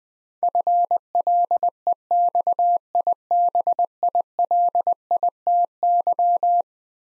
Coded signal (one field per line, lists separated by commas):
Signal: Morse code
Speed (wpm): 20 wpm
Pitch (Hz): 700 Hz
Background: none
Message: FLEXIBILITY